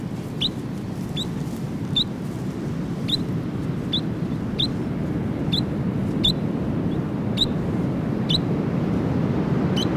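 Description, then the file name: New Zealand dotterel repeating short, high chip notes at a steady pace, with a constant low roar of wind or surf beneath. "nz dotterel song"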